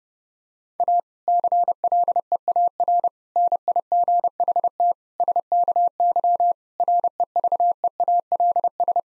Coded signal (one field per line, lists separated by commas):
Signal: Morse code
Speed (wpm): 32 wpm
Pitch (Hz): 700 Hz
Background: none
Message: A CLEAR NIGHT SKY REVEALS